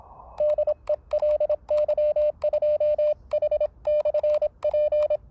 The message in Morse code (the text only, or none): DE LY2H/P